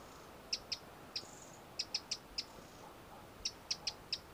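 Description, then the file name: Eurasian wren, sharp high clicking ticks given singly and in pairs, plus one brief thin whistle, over quiet background noise. "Troglodytes troglodytes"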